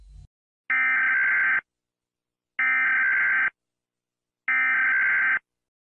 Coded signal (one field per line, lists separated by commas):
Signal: Emergency Alert System (SAME) tones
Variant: header bursts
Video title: Rating EAS Alarms from Different Places!